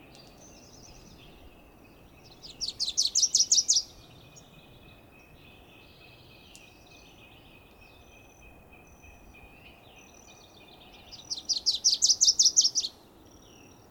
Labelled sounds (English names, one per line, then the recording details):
Wilson's Warbler song
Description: Wilson's Warbler song recorded at the Alluvial Fan in Rocky Mountain National Park
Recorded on 19 May 2016